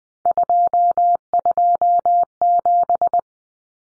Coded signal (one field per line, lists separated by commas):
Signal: Morse code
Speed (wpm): 20 wpm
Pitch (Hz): 700 Hz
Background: none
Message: 227